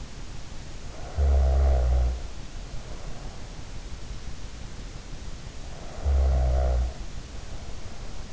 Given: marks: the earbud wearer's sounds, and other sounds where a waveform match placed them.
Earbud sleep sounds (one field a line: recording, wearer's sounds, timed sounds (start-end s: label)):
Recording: sounds in sleep by an in-ear microphone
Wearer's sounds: snoring breath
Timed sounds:
1.03-3.36 s: snoring breath
5.78-8.33 s: snoring breath